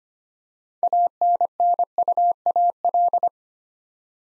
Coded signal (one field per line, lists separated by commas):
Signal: Morse code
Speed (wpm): 25 wpm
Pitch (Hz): 700 Hz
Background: none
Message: ANNUAL